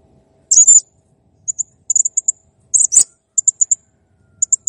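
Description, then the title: Blue-crowned hanging parrot mixing shrill buzzy squeals with runs of short, sharp, very high ticks repeated in quick series. Master recording for training cage birds; the bird is singing actively, in a clear recording. "Masteran Burung Serindit Ll Masteran Serindit Gacor Jernih"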